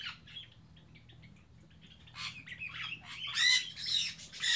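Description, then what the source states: Birds chirping, soft scattered chirps at first, then louder squawks building toward the end, with a low hum throughout. Birds kept in an aviary on Spetses.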